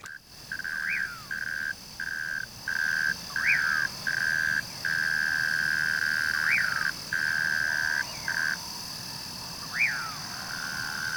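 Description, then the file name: Cricket singing a steady, pure, even-pitched trill broken by short pauses, with a few brief rising-and-falling whistled notes over a faint background hiss. "Unknown Cricket. Dudley T Dougherty Natural Sounds Collection"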